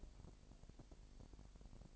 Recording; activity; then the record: daily activity, microphone in the room; take from stove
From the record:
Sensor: 5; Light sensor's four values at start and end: 19/43/18/20 and 19/42/18/20